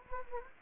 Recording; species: mosquito wingbeat signal from an infrared sensor; Anopheles gambiae